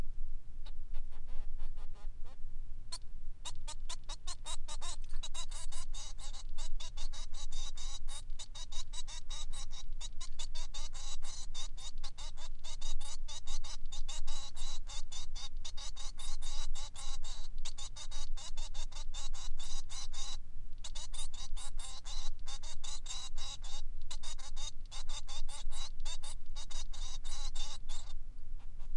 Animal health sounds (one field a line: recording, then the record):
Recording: song of a male Bengalese finch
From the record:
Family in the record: son of father 3